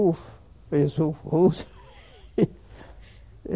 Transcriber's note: he laughs